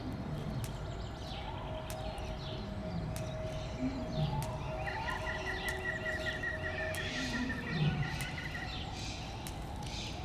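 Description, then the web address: White-handed gibbon song: faint rising hoots and a brief quavering trill, partly buried under low rumbling background noise and occasional clicks. Song from the monkey house at Debrecen Zoo, Hungary, 2012. "debrecenizoo 2012 premium feherkezugibbon"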